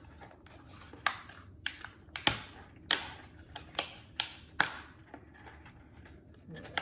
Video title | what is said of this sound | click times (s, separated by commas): Card Tray Assembly Instructions | And you hear the snapping a little bit. It's just the plywood locking into the groove. | 1.1 s, 2.3 s, 3.8 s, 4.6 s, 6.8 s